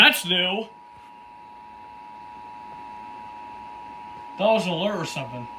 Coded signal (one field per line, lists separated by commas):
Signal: Emergency Alert System (SAME) tones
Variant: 853 and 960 Hz attention tone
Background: speech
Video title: (YOUTUBE FIRST) DirecTV Required Monthly Test (EAS #374)